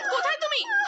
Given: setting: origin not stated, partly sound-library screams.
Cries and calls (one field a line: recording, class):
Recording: one-second piece from a danger detection set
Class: woman in danger